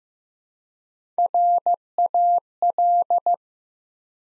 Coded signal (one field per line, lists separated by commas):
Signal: Morse code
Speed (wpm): 15 wpm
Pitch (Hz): 700 Hz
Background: none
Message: RAL